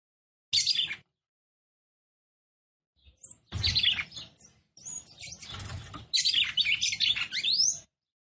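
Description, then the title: Red-cowled cardinal song: a short chirpy burst, a pause, then several runs of fast, scratchy, high twittering notes. Female song; title says the fiery, nervous female stirs up and excites the male, making him quick. "CANTO DA FÊ MEA GALO CAMPINA FOGOSA LEVANTA FOGOESQUENTA GALO CAMPINA MACHO RAPIDINHO FÊ MEA NERVOSA"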